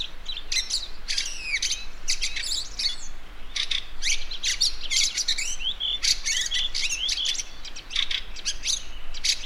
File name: Wacholderdrossel Gesang